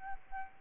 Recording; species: mosquito wingbeat signal from an infrared sensor; Aedes albopictus